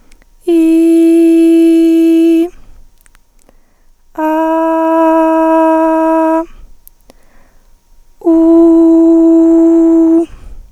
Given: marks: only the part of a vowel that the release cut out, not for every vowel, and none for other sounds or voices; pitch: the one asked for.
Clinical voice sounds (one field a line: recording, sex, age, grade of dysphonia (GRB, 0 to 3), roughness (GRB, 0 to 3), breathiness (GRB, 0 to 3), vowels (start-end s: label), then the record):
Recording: sustained vowels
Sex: female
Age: 20 to 29 years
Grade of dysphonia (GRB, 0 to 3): 0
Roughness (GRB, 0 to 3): 0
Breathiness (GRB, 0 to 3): 0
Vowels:
0.54-2.33 s: vowel /i/, high pitch
4.97-6.32 s: vowel /a/, high pitch
8.35-10.10 s: vowel /u/, high pitch
From the record:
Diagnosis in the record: hyperfunctional dysphonia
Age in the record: 28 years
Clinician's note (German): Mit beginnenden Phonationsknötchen, li > re